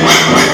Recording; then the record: squeal of a Yucatan mini pig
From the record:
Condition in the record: before surgery on the right vocal fold (resection and tissue-engineered implant); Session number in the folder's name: 2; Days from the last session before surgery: 0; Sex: male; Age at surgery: 12 weeks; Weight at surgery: 13 kg